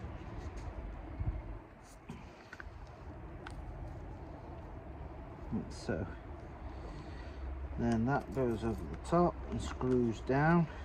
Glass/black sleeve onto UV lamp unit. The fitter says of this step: a little washer in it, so you need to hear that sort of click into place. Like